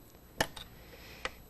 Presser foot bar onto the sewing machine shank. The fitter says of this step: So, as you go in there, be sure that you hear it snap in place.